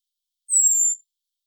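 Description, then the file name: Common blackbird thin call: a single high, thin, slightly descending whistle lasting about half a second, with nothing else heard. "Turdus merula"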